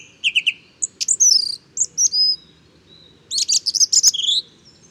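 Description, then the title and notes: Song thrush singing varied phrases of clear whistles and sharp notes, several motifs repeated two or three times, separated by short pauses, over a faint low background hum. Male at dawn just after daybreak, 12 February 2019, Bois de Château Serein; inventive, varied, virtuoso song; recorded with Nagra Seven and Telinga Pro7. "Bois de chateau serein. j&#39;enregistre une magnifique Grive musicienne"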